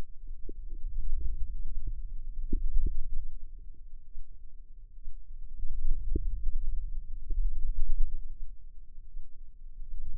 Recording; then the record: forearm muscle sounds (acoustic myography)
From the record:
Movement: wrist extension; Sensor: system 2, bracelet of six BSWA MPA416 microphones around the upper forearm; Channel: 1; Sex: female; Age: 25 years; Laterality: right